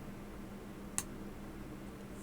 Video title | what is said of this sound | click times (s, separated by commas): Hamilton 992 Pocket Watch Regulation Issues - Part 1 | there that's the click you want to listen to or hear before you remove the screw | 1.0 s